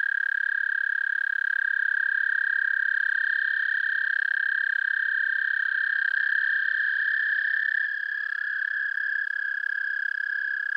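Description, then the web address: American toad giving a sustained, even, high-pitched trill that runs unbroken throughout, with a second overlapping trill starting near the end. "Dan Gibson Wildlife Identification By Sound, Eastern North America Pt 1. American Toad"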